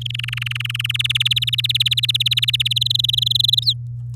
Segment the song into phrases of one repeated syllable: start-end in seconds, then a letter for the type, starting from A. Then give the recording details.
0.01-0.92 A, 0.94-2.73 B, 2.76-3.63 C, 3.64-3.73 D. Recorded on 10 May 2018 at 17:11. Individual llb16